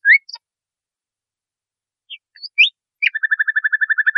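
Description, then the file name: Nightingale song: rising whistled slurs and chips separated by pauses, then a rapid, steady series of repeated notes running to the end. Masteran recording, used for training cage birds. "suara masteran nightingale"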